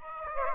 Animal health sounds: mosquito wingbeat signal from an infrared sensor; Aedes aegypti

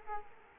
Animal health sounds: mosquito wingbeat signal from an infrared sensor; Culex quinquefasciatus

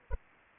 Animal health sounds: mosquito wingbeat signal from an infrared sensor; Anopheles arabiensis

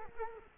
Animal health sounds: mosquito wingbeat signal from an infrared sensor; Culex quinquefasciatus

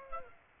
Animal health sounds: mosquito wingbeat signal from an infrared sensor; Aedes aegypti

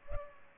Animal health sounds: mosquito wingbeat signal from an infrared sensor; Culex pipiens

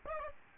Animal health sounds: mosquito wingbeat signal from an infrared sensor; Aedes albopictus

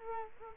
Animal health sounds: mosquito wingbeat signal from an infrared sensor; Culex quinquefasciatus

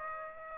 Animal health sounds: mosquito wingbeat signal from an infrared sensor; Aedes aegypti

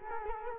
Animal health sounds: mosquito wingbeat signal from an infrared sensor; Culex quinquefasciatus

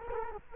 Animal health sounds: mosquito wingbeat signal from an infrared sensor; Culex quinquefasciatus

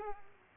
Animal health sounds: mosquito wingbeat signal from an infrared sensor; Culex pipiens

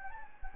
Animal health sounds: mosquito wingbeat signal from an infrared sensor; Anopheles gambiae

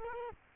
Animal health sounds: mosquito wingbeat signal from an infrared sensor; Culex quinquefasciatus

